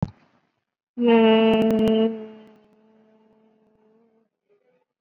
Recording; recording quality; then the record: sustained vowel as in made; moderate, slight background noise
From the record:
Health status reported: COVID-19 positive, moderate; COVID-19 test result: positive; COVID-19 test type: RT-PCR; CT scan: not taken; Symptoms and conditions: cough, cold, another condition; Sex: female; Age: 32 years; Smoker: no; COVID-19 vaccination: none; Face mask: worn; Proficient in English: yes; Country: India